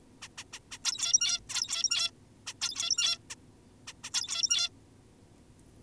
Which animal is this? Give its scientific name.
Taeniopygia guttata